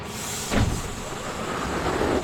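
A steady low engine rumble and road noise fill the cabin of a moving bus, with a brief louder thump or rattle about halfway through and no one speaking.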